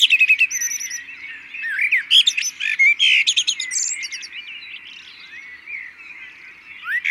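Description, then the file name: Common blackbird, bursts of sharp twittering calls and squeaky sweeps in the first half, then quieter, over a steady chorus of other birds. "Turdus merula"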